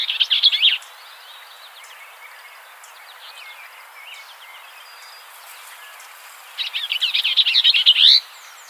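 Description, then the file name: Bell's vireo giving rapid, buzzy chattering phrases, one short burst at the start and a longer one near the end, with quiet between. "Vireo bellii - Bell's Vireo"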